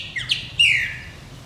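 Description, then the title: Chopi blackbird whistling: a quick pair of sharp chirps followed by one long, loud, slightly falling whistled note. "Passaro Preto"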